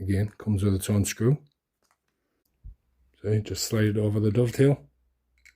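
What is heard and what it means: Someone talks while a metal accessory that comes with its own screw is slid over the dovetail rail of a Huben GK1 laminate-grip fixed carbine conversion air rifle. A quiet pause is broken by faint metallic clinks during the slide. The part is only being handled here, and nothing has seated or locked into place yet.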